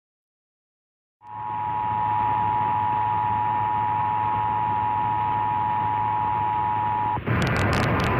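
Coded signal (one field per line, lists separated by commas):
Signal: Emergency Alert System (SAME) tones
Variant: 853 and 960 Hz attention tone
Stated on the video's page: EAS test from a CW television affiliate in San Antonio, mistakenly sent as a Required Weekly Test instead of the mandated test.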